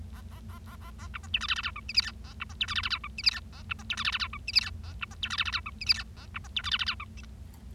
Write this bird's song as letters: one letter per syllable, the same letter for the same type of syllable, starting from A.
A A A A A A B C D E F F G H I J K A B C D E F F G H I J K A B C D E F F G H I J K A B C D E F F G H I J K A B C D E F F G H I